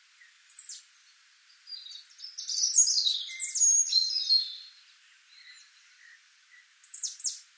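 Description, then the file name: European robin song with sharp, very high descending notes, then a rich tumbling phrase of sweet trills, and more high slurred notes near the end. "Erithacus rubecula"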